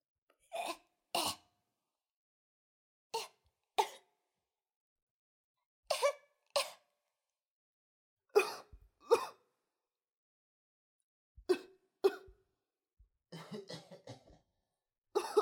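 An adult coughing repeatedly, in short bursts of two sharp coughs each, separated by pauses of a few seconds.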